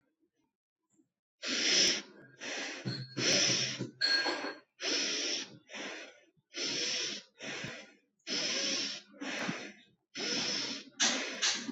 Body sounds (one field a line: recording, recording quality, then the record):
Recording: shallow breathing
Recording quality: excellent, no background noise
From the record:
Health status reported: exposed to COVID-19, no respiratory illness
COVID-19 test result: negative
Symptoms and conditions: cough, cold, fever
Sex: female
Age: 24 years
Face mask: not worn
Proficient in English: yes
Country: India